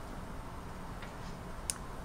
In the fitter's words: and then you heard it pop